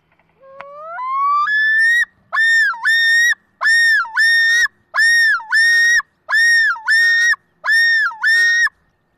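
Loon yodel: a loud wail rising in steps, then a run of ringing two-part phrases, each dipping and swinging back up.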